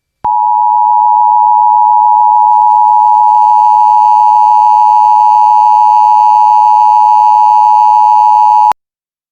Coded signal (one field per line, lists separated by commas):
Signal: Emergency Alert System (SAME) tones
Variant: 853 and 960 Hz attention tone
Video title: EAS MINI SCENARIO: Turkeys On Rampage (THANKSGIVING SPECIAL)